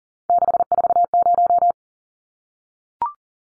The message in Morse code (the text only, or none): 640